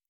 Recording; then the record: hydrophone in a shrimp aquaculture tank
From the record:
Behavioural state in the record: normal